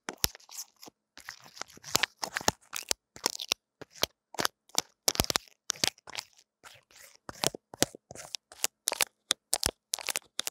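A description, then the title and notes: Intense earphone mic tingles: a quick, irregular run of crisp crunching, crackling and tearing taps, each one a sharp bright snap. They come in bursts of several per second with short silent gaps, some louder hits standing out, and no other sounds beneath. SamsungAKG耳機.強烈刺痛感受. Intense Earphone Mic Tingles | No Talking.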